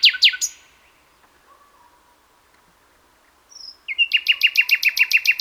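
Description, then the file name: Common nightingale song: three loud sharp notes open, then a pause, a brief high whistle, and a fast run of about ten loud repeated chirping notes to the end. "Luscinia megarhynchos"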